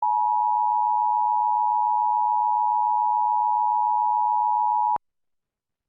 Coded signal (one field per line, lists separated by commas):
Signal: Emergency Alert System (SAME) tones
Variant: 853 and 960 Hz attention tone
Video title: TV EAS #27 (EAS #39) PARTIAL: Flash Flood Warning, 8/23/15